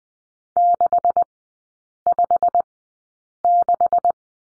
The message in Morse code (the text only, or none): 656